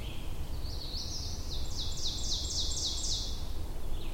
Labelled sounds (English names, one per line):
Ovenbird song